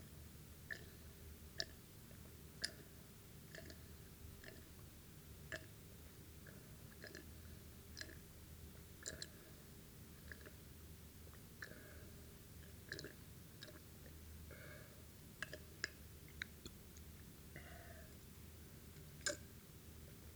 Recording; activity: daily activity, guitar pickup as the sensor; drink water